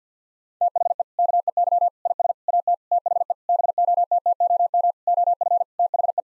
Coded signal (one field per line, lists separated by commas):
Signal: Morse code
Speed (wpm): 50 wpm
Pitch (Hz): 700 Hz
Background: none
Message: THE KEY IS AT THE BOTTOM OF THE